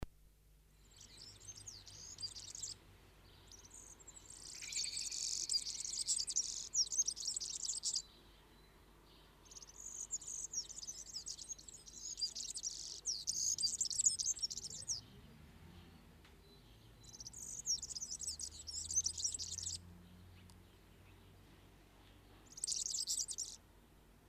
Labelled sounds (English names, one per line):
European Serin song